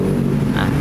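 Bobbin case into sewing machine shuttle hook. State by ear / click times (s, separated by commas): seated / 0.6 s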